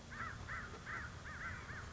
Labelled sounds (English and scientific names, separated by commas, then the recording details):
American Crow (Corvus brachyrhynchos)
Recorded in Sonoma County, California